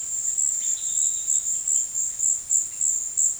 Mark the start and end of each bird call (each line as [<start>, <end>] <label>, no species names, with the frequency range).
[0.58, 1.46] bird call (1.6-4.9 kHz)